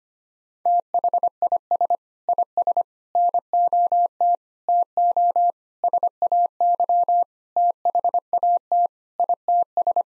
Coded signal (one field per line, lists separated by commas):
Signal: Morse code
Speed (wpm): 25 wpm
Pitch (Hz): 700 Hz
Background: none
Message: THIS IS NOT TO SAY THAT ITS